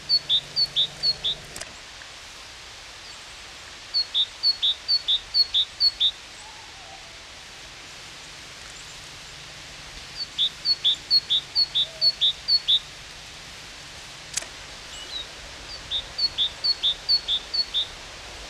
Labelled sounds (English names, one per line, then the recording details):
Great Tit song
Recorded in the wild
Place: Oberstdorf, Bayern, DE
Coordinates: 47.4483, 10.2961
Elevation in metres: 857
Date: 1978-03-18
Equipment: Uher 4000 Report
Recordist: Tretzel, Erwin
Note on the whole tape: oberhalb von Reichenbach bei Oberstdorf, Parkplatz: Gesang "zidä" und "zibe"